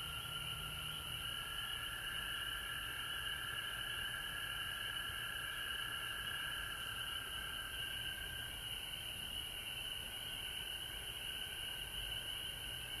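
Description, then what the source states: Frogs trilling together nonstop, a high piercing chorus above a lower trill that fades partway through, with steady background hiss. Recorded at home in Georgia on March 19, 2020.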